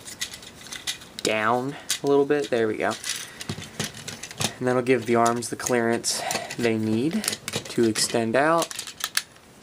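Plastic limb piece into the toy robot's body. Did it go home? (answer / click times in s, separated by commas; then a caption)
yes / 9.2 s. Someone talks while transforming a Prime Voyager Ultra Magnus plastic robot toy, with light plastic clicks and handling noises throughout. A plastic limb piece is pushed into the robot's body and snaps into place with a sharp click at 9.2 s, seated.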